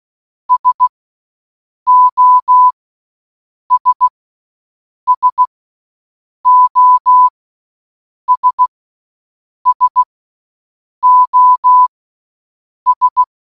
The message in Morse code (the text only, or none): SOS SOS SOS